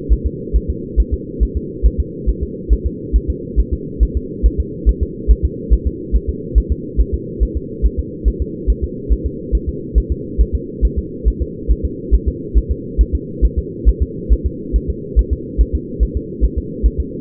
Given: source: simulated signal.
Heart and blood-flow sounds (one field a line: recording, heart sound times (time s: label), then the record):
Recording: fetal heart sounds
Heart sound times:
0.13 s: S1
0.26 s: S2
0.56 s: S1
0.70 s: S2
1.00 s: S1
1.14 s: S2
1.43 s: S1
1.57 s: S2
1.86 s: S1
2.00 s: S2
2.29 s: S1
2.43 s: S2
2.73 s: S1
2.87 s: S2
3.16 s: S1
3.30 s: S2
3.60 s: S1
3.73 s: S2
4.03 s: S1
4.17 s: S2
4.46 s: S1
4.60 s: S2
4.89 s: S1
5.03 s: S2
5.31 s: S1
5.45 s: S2
5.73 s: S1
5.87 s: S2
6.16 s: S1
6.29 s: S2
6.58 s: S1
6.72 s: S2
7.00 s: S1
7.14 s: S2
7.43 s: S1
7.57 s: S2
7.85 s: S1
7.99 s: S2
8.28 s: S1
8.42 s: S2
8.70 s: S1
8.84 s: S2
9.12 s: S1
9.26 s: S2
9.55 s: S1
9.69 s: S2
9.98 s: S1
10.12 s: S2
10.41 s: S1
10.55 s: S2
10.85 s: S1
10.99 s: S2
11.28 s: S1
11.42 s: S2
11.71 s: S1
11.85 s: S2
12.14 s: S1
12.28 s: S2
12.58 s: S1
12.71 s: S2
13.01 s: S1
13.15 s: S2
13.45 s: S1
13.58 s: S2
13.89 s: S1
14.02 s: S2
14.32 s: S1
14.46 s: S2
14.76 s: S1
14.90 s: S2
15.19 s: S1
15.33 s: S2
15.61 s: S1
15.75 s: S2
16.03 s: S1
16.17 s: S2
16.44 s: S1
16.58 s: S2
16.86 s: S1
17.00 s: S2
From the record:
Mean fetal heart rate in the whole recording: 140 bpm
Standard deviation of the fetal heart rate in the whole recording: 2 bpm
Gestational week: 34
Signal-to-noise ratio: -4.1 dB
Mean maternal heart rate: no maternal heart sound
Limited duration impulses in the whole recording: absent